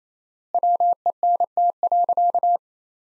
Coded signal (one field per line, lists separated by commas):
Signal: Morse code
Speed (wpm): 28 wpm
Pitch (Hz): 700 Hz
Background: none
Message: WENT.